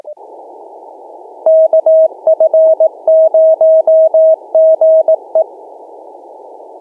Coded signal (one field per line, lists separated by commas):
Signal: Morse code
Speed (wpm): 20 wpm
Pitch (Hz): 640 Hz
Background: none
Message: KF0GE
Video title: Two POTA Activations & pile-up on 10-01-2024 #cw #qrp #pota #parksontheair #potababe #hamradio